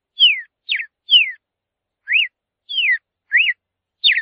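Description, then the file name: Cardinal whistles: clear separate notes, some sliding steeply down and some arching up then down, spaced irregularly. "cardenal"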